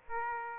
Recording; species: mosquito wingbeat signal from an infrared sensor; Aedes aegypti